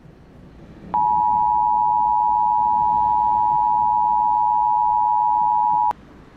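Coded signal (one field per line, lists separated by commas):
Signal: Emergency Alert System (SAME) tones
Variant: 853 and 960 Hz attention tone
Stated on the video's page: Fictional EAS scenario, not a real alert.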